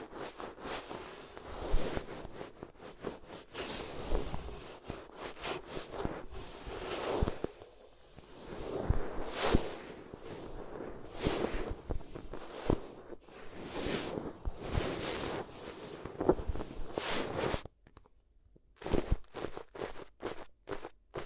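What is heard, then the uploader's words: ASMR paper sounds: dense, crinkly rustling and crackling with sharp bright snaps, shifting constantly in loudness and busiest around two, nine and fourteen seconds. Near eighteen seconds it drops to near silence, broken only by a few scattered soft crinkles and taps. ASMR If You Had Paper Ears (No Talking).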